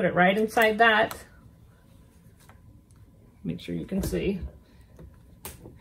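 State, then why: Seated. Someone talks while plastic snap halves on a felt needle minder are lined up and the little divot of the snap cap is set into the snap socket. The halves are pressed together, and a sharp click at 5.5 s marks the plastic snap seating into place.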